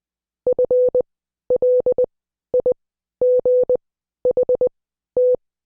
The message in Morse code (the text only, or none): FLIGHT